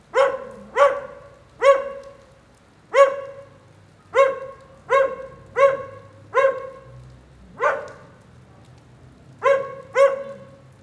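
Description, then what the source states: Dog barking steadily, eleven sharp harmonic barks in a continuous run. Lone dog in the rain during a thunderstorm at 9a. Avenida 414, Quezaltenango, Guatemala.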